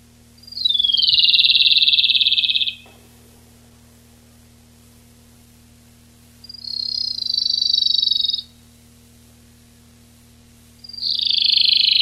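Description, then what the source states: Rufous-tailed robin song: high trilled phrases a few seconds apart, the first sliding downward, with a third beginning at the end, over a faint steady low hum. Recorded 19–22 July 1991.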